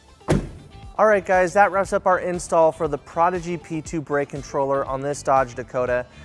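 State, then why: Seated. A Prodigy P2 trailer brake controller is pushed into its mounting bracket under the dash of a 2008 Dodge Dakota and locks into place with a single sharp, loud click at 0.3 s. Afterward someone talks over background music.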